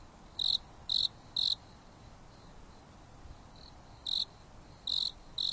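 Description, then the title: Insect chirping, high and clipped, three pulses then a pause, then another few pulses, with a faint chirp in the gap and low background hiss. Night on a mountain top under a starry sky, gentle breeze blowing, insects singing leisurely. "There is a gentle breeze blowing on the top of the mountain under the starry sky, and the insects are singing leisurely."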